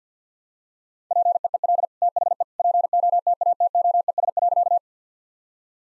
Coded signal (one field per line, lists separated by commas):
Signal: Morse code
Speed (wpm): 50 wpm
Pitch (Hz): 700 Hz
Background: none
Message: PEEL THE POTATOES.